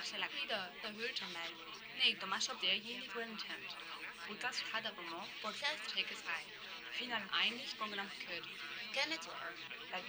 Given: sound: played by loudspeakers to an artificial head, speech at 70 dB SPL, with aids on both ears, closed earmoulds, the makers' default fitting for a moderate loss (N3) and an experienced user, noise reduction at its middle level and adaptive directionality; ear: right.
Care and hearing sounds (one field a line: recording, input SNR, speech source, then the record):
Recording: speech test signal (ISTS) in cocktail-party noise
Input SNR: 0 dB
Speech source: on the right (90 degrees)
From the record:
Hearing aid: class 2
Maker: F